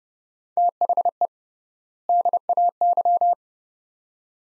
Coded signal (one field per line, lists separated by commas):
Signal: Morse code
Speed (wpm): 32 wpm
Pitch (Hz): 700 Hz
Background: none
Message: THE DAY